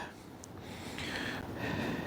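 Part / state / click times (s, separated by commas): locking screw into the fuel cap surround / seated / 0.4 s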